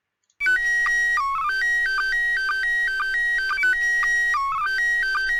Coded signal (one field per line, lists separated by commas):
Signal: SSTV (slow-scan television)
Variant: PD 120